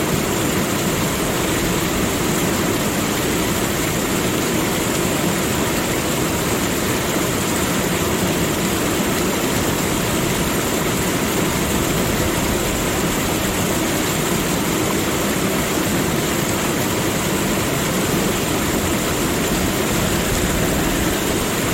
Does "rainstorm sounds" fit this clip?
yes